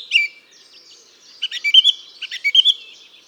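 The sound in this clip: Bird song: a sharp chirp, then a pause and two bursts of quick varied whistled and chirping notes in a jumbled phrase.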